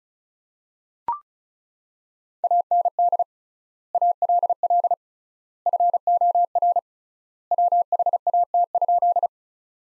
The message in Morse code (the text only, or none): AND ALL FOR WHAT?